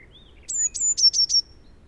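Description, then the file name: Eurasian blue tit with one short song phrase, two drawn-out very high notes then a quick three-note trill, with a faint chip beforehand. "Cyanistes caeruleus"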